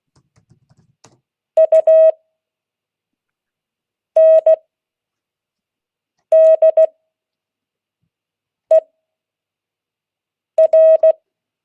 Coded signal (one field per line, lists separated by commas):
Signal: Morse code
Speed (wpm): 16 wpm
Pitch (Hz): 640 Hz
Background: none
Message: UNDER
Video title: Monday 2022-08-08 Morse code class